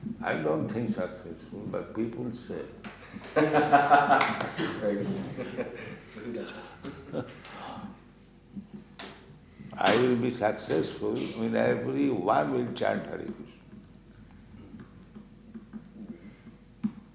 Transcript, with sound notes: I don't think successful, but people say. [laughs]
Very good.
I will be successful when everyone will chant Hare Kṛṣṇa.